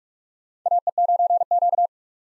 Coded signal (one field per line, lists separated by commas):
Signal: Morse code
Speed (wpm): 47 wpm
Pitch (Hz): 700 Hz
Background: none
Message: AE9Q